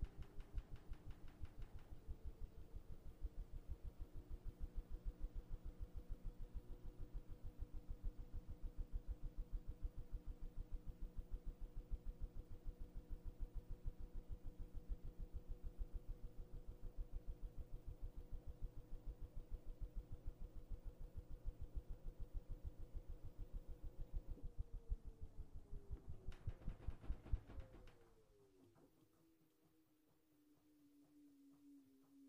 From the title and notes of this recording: Laundry Washing Machine White Noise. The sound of a laundry washing machine as it washes away the dirt and grime of your clothes. The sound of a white noise hum.